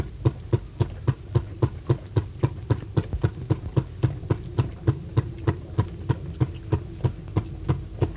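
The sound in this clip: Bird throat thumping: deep, soft thumps repeated steadily, roughly four per second, over a faint low hum.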